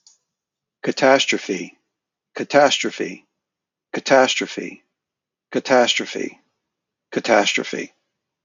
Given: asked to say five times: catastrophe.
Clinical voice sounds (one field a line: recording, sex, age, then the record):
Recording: repeated word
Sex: male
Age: 50 to 59 years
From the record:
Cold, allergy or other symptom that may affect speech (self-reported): no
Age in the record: 58 years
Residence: New Jersey, United States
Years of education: 17